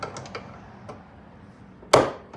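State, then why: Seated. A gas hood strut end, part of a Red Line hood strut mod on a 2019 Mustang GT, is pushed onto the ball stud mount on the car. A few light ticks are heard early, then a loud, sharp snap at 1.9 s as the strut end seats onto the ball stud.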